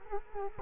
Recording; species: mosquito wingbeat signal from an infrared sensor; Culex quinquefasciatus